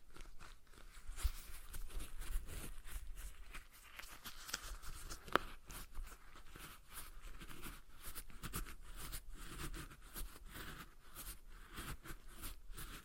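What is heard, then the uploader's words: A stress ball being squeezed and released, giving a steady run of soft, crinkly squishes and rubbing sounds. The texture is dense and fairly regular across the whole stretch, with a sharper click near the start and another around five seconds. ASMR Relaxing Stress Ball Sounds (No Talking).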